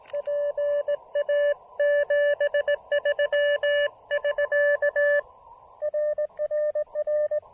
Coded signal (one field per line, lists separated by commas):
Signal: Morse code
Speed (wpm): 20 wpm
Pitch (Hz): 590 Hz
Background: none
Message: PA 73 <SK> RRR